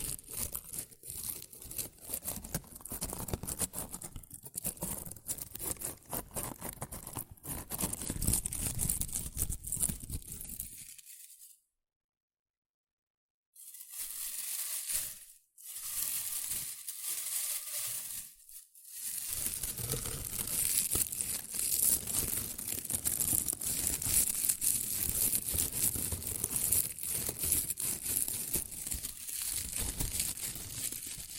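Shredded tissue and packing peanuts rustle and crinkle in a dense, busy stream of crisp, papery crackles with soft low thumps underneath. Around twelve seconds it stops dead for about two seconds, then resumes in short bursts with brief pauses before settling back into steady rustling.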